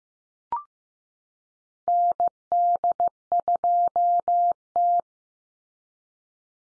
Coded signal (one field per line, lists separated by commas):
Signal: Morse code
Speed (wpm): 15 wpm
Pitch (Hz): 700 Hz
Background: none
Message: ND2T